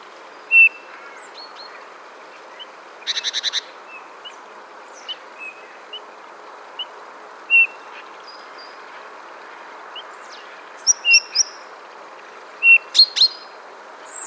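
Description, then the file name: Eurasian bullfinch soft piping whistles, a few short level notes spread throughout, among varied chirps, a brief rapid rattle and other bird calls. "Pyrrhula pyrrhula"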